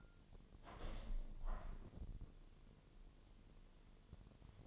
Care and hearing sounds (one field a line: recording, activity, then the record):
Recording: daily activity, microphone in the room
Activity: open window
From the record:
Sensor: 4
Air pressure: 1007.1 hPa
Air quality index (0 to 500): 182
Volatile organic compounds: 5 ppm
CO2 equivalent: 1814 ppm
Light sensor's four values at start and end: 23/73/28/27 and 23/74/28/27